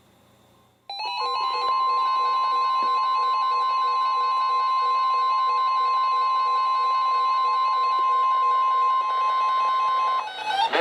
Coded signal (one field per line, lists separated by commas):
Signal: Emergency Alert System (SAME) tones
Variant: 1050 Hz attention tone